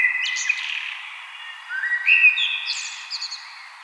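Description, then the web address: Common blackbird song: short fluted phrases with rising whistles and thin high twittering flourishes. "vogelstimmen amsel gesang nabu lars lachmann"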